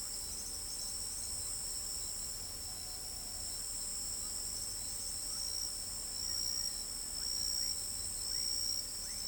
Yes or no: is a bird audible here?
no